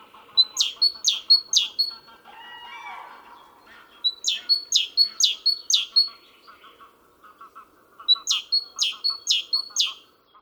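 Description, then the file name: Great tit repeats its two-note song in three runs. A high level note is followed by a falling one. A busy low chatter from other birds continues underneath throughout. "Parus major"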